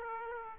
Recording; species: mosquito wingbeat signal from an infrared sensor; Aedes aegypti